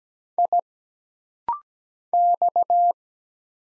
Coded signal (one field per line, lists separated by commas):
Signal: Morse code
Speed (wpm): 17 wpm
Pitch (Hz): 700 Hz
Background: none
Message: I X